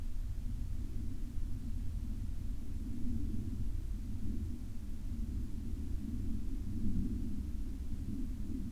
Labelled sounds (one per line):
aircraft